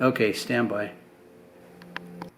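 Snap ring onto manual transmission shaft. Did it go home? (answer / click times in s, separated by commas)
yes / 2.0 s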